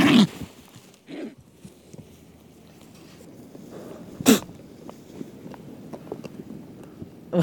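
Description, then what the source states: California condor hissing: a few harsh, breathy bursts spaced irregularly, with quiet scattered clicks in between. Recording played back on air.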